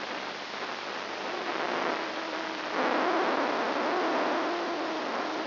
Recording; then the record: brain microelectrode recording played as sound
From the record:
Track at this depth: inside the subthalamic nucleus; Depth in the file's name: 2.902 mm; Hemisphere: left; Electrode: 2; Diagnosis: Parkinson's disease